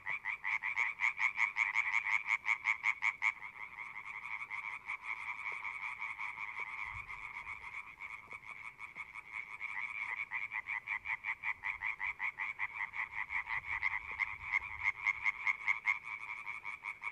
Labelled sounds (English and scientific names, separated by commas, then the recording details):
Common Tree Frog (Hyla arborea) call
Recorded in the wild
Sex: group
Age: adult
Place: Kützerhof, Kummerower See, Mecklenburg-Vorpommern, DE
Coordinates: 53.8519, 12.8739
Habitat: wetland
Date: 2008-04-29 23:12
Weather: Nieselregen, 15°C
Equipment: Zoom H2
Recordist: Frommolt, Karl-Heinz